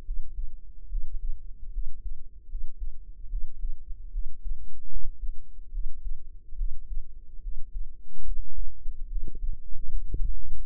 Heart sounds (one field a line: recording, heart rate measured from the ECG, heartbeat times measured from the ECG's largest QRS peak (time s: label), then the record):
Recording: heart sounds by microphone in the right ear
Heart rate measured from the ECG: 74 bpm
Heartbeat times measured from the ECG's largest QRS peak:
0.02 s: heartbeat
0.87 s: heartbeat
1.70 s: heartbeat
2.46 s: heartbeat
3.27 s: heartbeat
4.09 s: heartbeat
4.88 s: heartbeat
5.69 s: heartbeat
6.55 s: heartbeat
7.40 s: heartbeat
8.22 s: heartbeat
9.06 s: heartbeat
9.87 s: heartbeat
10.62 s: heartbeat
From the record:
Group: healthy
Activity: rest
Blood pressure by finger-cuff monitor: 90/62 mmHg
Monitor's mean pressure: 71 mmHg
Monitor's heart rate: 73 bpm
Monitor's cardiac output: 5.4 L/min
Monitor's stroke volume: 74 mL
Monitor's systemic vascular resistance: 960 dyn s/cm5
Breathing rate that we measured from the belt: 23 breaths a minute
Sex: female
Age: 22 years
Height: 160 cm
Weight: 45 kg